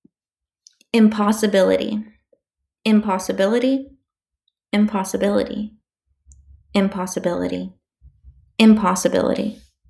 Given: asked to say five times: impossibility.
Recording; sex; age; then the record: repeated word; female; 20 to 29 years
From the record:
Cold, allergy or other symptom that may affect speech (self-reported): no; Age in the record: 25 years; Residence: Texas, United States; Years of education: 16